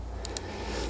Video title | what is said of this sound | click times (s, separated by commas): VanTrue N4 Pro, Starvis 2, 4K Dash Cam | and then it's got to click in place. | 0.2 s, 0.4 s